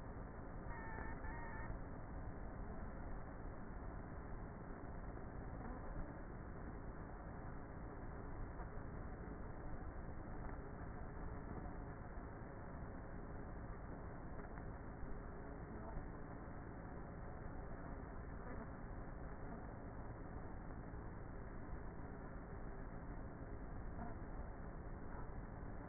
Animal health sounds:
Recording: honeybee colony, microphone inside the hive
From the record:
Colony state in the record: queenless with a low population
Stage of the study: before two queens were removed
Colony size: about 30,000 bees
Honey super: no

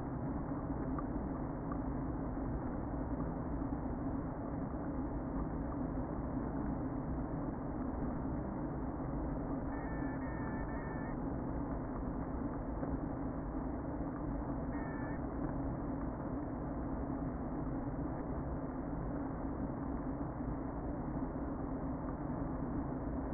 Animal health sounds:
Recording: honeybee colony, microphone inside the hive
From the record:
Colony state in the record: queen present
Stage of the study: before two queens were removed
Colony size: about 60,000 bees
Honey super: yes

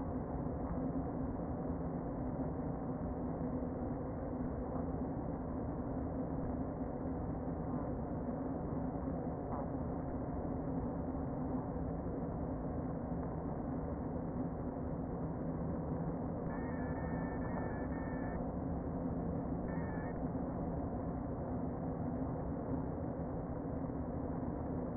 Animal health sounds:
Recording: honeybee colony, microphone inside the hive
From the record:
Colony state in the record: queen present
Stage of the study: before two queens were removed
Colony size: about 60,000 bees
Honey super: yes

